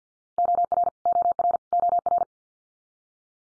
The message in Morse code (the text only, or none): OR OR OR